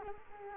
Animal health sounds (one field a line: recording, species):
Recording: mosquito wingbeat signal from an infrared sensor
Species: Culex quinquefasciatus